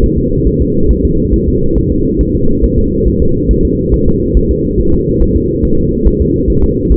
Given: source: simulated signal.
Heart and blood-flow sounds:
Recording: fetal heart sounds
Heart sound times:
0.04 s: S1
0.18 s: S2
0.47 s: S1
0.61 s: S2
0.91 s: S1
1.05 s: S2
1.34 s: S1
1.48 s: S2
1.78 s: S1
1.92 s: S2
2.21 s: S1
2.35 s: S2
2.64 s: S1
2.79 s: S2
3.08 s: S1
3.22 s: S2
3.51 s: S1
3.65 s: S2
3.94 s: S1
4.08 s: S2
4.37 s: S1
4.51 s: S2
4.80 s: S1
4.94 s: S2
5.22 s: S1
5.36 s: S2
5.65 s: S1
5.79 s: S2
6.07 s: S1
6.21 s: S2
6.50 s: S1
6.64 s: S2
6.92 s: S1
From the record:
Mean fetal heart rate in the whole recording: 140 bpm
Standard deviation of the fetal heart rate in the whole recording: 2 bpm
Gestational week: 34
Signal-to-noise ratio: -16.4 dB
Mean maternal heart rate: 72 bpm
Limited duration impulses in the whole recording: present

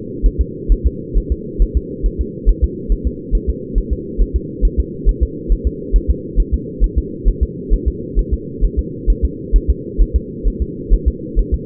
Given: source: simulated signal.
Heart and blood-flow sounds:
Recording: fetal heart sounds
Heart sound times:
0.26 s: S1
0.41 s: S2
0.72 s: S1
0.87 s: S2
1.17 s: S1
1.32 s: S2
1.62 s: S1
1.77 s: S2
2.06 s: S1
2.21 s: S2
2.49 s: S1
2.64 s: S2
2.92 s: S1
3.07 s: S2
3.35 s: S1
3.50 s: S2
3.78 s: S1
3.93 s: S2
4.21 s: S1
4.36 s: S2
4.65 s: S1
4.80 s: S2
5.09 s: S1
5.23 s: S2
5.52 s: S1
5.67 s: S2
5.96 s: S1
6.10 s: S2
6.40 s: S1
6.54 s: S2
6.84 s: S1
6.98 s: S2
7.28 s: S1
7.43 s: S2
7.74 s: S1
7.88 s: S2
8.19 s: S1
8.33 s: S2
8.65 s: S1
8.79 s: S2
9.10 s: S1
9.25 s: S2
9.56 s: S1
9.70 s: S2
10.02 s: S1
10.16 s: S2
10.48 s: S1
10.62 s: S2
10.94 s: S1
11.08 s: S2
11.39 s: S1
11.54 s: S2
From the record:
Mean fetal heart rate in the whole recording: 135 bpm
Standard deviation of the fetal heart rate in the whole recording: 3 bpm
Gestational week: 36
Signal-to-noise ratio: -4.1 dB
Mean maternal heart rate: no maternal heart sound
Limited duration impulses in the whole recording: absent

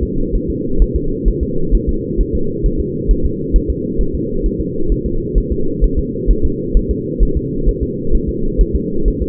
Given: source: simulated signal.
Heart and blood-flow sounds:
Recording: fetal heart sounds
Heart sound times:
0.03 s: S2
0.35 s: S1
0.50 s: S2
0.82 s: S1
0.96 s: S2
1.28 s: S1
1.43 s: S2
1.75 s: S1
1.89 s: S2
2.21 s: S1
2.35 s: S2
2.66 s: S1
2.80 s: S2
3.11 s: S1
3.25 s: S2
3.56 s: S1
3.70 s: S2
4.01 s: S1
4.15 s: S2
4.46 s: S1
4.61 s: S2
4.92 s: S1
5.06 s: S2
5.38 s: S1
5.52 s: S2
5.84 s: S1
5.99 s: S2
6.31 s: S1
6.45 s: S2
6.77 s: S1
6.91 s: S2
7.23 s: S1
7.37 s: S2
7.68 s: S1
7.83 s: S2
8.15 s: S1
8.29 s: S2
8.61 s: S1
8.75 s: S2
9.08 s: S1
9.22 s: S2
From the record:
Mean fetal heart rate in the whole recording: 130 bpm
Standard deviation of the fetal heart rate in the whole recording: 2 bpm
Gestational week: 36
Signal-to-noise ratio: -8.1 dB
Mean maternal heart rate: 72 bpm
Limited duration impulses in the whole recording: absent

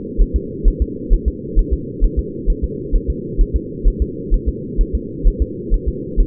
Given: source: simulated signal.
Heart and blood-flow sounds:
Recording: fetal heart sounds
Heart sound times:
0.21 s: S1
0.36 s: S2
0.68 s: S1
0.82 s: S2
1.13 s: S1
1.28 s: S2
1.59 s: S1
1.74 s: S2
2.04 s: S1
2.19 s: S2
2.50 s: S1
2.64 s: S2
2.95 s: S1
3.10 s: S2
3.41 s: S1
3.56 s: S2
3.88 s: S1
4.02 s: S2
4.34 s: S1
4.49 s: S2
4.81 s: S1
4.95 s: S2
5.27 s: S1
5.42 s: S2
5.74 s: S1
5.88 s: S2
6.20 s: S1
From the record:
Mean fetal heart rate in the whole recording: 130 bpm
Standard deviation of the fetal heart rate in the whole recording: 4 bpm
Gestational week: 38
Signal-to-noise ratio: -4.1 dB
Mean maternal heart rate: no maternal heart sound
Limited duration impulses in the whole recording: absent

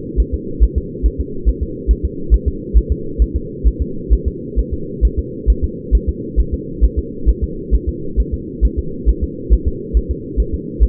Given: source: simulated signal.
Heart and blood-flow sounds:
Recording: fetal heart sounds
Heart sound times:
0.20 s: S1
0.34 s: S2
0.63 s: S1
0.78 s: S2
1.06 s: S1
1.20 s: S2
1.49 s: S1
1.63 s: S2
1.91 s: S1
2.05 s: S2
2.34 s: S1
2.48 s: S2
2.77 s: S1
2.92 s: S2
3.22 s: S1
3.36 s: S2
3.67 s: S1
3.82 s: S2
4.13 s: S1
4.27 s: S2
4.59 s: S1
4.73 s: S2
5.05 s: S1
5.19 s: S2
5.50 s: S1
5.64 s: S2
5.95 s: S1
6.09 s: S2
6.40 s: S1
6.54 s: S2
6.84 s: S1
6.99 s: S2
7.29 s: S1
7.44 s: S2
7.74 s: S1
7.89 s: S2
8.20 s: S1
8.34 s: S2
8.65 s: S1
8.79 s: S2
9.09 s: S1
9.23 s: S2
9.53 s: S1
9.68 s: S2
9.97 s: S1
10.11 s: S2
10.40 s: S1
10.54 s: S2
10.83 s: S1
From the record:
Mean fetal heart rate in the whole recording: 135 bpm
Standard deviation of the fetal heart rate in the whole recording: 3 bpm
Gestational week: 34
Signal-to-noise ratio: -4.3 dB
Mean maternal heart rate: 72 bpm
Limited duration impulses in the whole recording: absent

